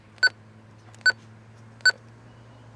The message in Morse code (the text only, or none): none